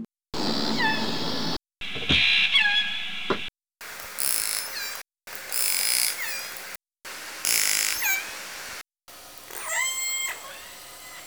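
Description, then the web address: Orca calls in several separate bursts of harmonic, squealing tones that slide and sweep, cut apart by short silent gaps. "Nora Learning Orca Calls"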